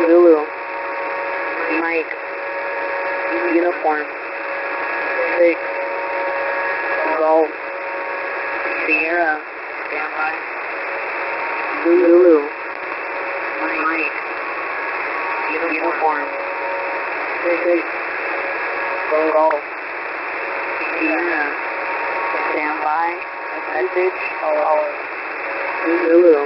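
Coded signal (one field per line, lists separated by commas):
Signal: coded military voice message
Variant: HFGCS Emergency Action Message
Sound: male voice reading phonetic-alphabet letters and digits in repeated groups over band-limited radio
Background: radio static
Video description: USAF High Frequency Global Communications System (HFGCS) (English Utility/Military Broadcast)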